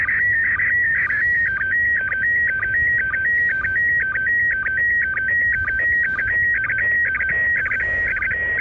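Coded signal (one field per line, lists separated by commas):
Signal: SSTV (slow-scan television)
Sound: warbling, stepping whistle around 1.5-2 kHz with regular short low chirps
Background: radio static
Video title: sstv from iss quick and dirty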